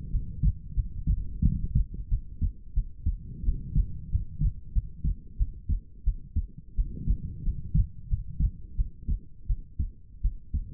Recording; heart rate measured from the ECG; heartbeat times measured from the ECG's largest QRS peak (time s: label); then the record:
heart sounds by stethoscope; 89 bpm
0.10 s: heartbeat
0.74 s: heartbeat
1.42 s: heartbeat
2.09 s: heartbeat
2.74 s: heartbeat
3.44 s: heartbeat
4.10 s: heartbeat
4.73 s: heartbeat
5.37 s: heartbeat
6.04 s: heartbeat
6.75 s: heartbeat
7.43 s: heartbeat
8.08 s: heartbeat
8.76 s: heartbeat
9.47 s: heartbeat
10.21 s: heartbeat
From the record:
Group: healthy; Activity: rest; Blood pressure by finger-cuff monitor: 108/71 mmHg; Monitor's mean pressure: 81 mmHg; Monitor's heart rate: 87 bpm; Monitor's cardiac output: 6.9 L/min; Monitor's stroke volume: 77 mL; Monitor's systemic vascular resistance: 870 dyn s/cm5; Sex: female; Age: 19 years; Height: 163 cm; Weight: 48.9 kg